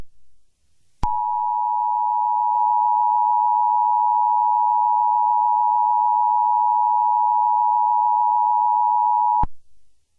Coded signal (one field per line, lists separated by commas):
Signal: Emergency Alert System (SAME) tones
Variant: 853 and 960 Hz attention tone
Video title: EAS Scenario #35: The Green Beans Rampage